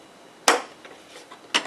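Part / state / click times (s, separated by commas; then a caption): flip-up LCD screen latching onto the monitor body / seated / 0.5 s, 1.6 s. The flip-up 10-inch color LCD screen of a patient monitor is lowered: the stand support is lifted, the screen slides back and down, and it locks into place with the latch across the top. A sharp click sounds at 0.5 s, a faint tick follows, and a second click comes at 1.6 s. The screen is latched closed onto the monitor body.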